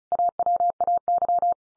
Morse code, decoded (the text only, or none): AWAY